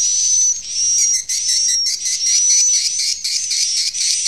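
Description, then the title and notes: Swiftlet chirping, high twittering pulses with a fine steady whistle, repeating quickly. Used in swiftlet farming in Asia. "Swiflet Bird Sound. Farming Swiflet Bird asia sound"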